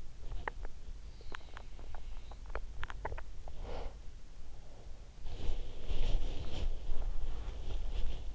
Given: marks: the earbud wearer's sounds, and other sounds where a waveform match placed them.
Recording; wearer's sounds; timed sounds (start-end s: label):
sounds in sleep by an in-ear microphone; body movement
0.14-8.35 s: body movement